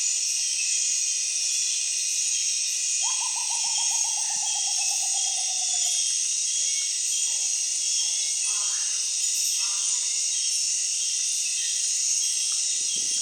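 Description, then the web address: Rufous potoo giving one long, pulsed whistle that slides steadily downward for about three seconds, over a dense insect chorus. "Rufous potoo. صدای-پرنده-شبزی-حنایی"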